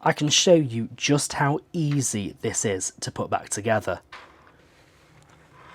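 Someone talks for about four seconds while handling the hinged plastic brick-built sections of a LEGO Stranger Things Creel House 11370 model. The talk is followed by quiet handling noise with a faint tick near 5.2 s. Nothing has seated or clicked yet, as the sections have not been swung closed and pushed together.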